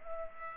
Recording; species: mosquito wingbeat signal from an infrared sensor; Culex pipiens